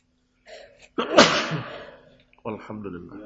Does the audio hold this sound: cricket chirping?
no